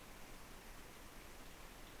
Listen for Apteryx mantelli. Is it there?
no